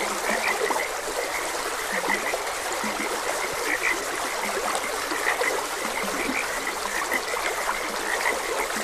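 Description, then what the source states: Frogs croaking with sharp high chirps, repeated irregularly over the gentle rush of a stream. Frogs croaking beside a gentle stream.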